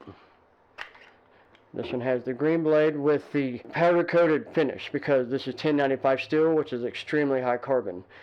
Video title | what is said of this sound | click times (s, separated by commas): ESEE - Model3 - You Break, They Fix or Replace - Field Grade Knives & Gear | kidak sheath very tight you can hear that click | 0.8 s